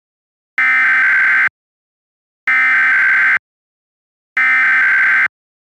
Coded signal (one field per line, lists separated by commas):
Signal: Emergency Alert System (SAME) tones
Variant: header bursts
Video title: EAS Mock: Antietam Cable RWT From 2005.